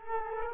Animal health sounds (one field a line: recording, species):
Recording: mosquito wingbeat signal from an infrared sensor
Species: Culex quinquefasciatus